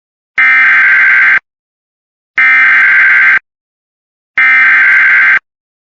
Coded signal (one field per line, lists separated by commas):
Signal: Emergency Alert System (SAME) tones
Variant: header bursts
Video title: SVR (First EAS on my new channel) (EAS 1) (please subscribe to my channel)